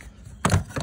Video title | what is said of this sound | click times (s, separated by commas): Remplacer le joint de vitre avant gauche sur Toyota corolla | Cette partie-là, c'est pareil, c'est clipsé. Donc on enlève. | 0.5 s